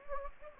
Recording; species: mosquito wingbeat signal from an infrared sensor; Anopheles gambiae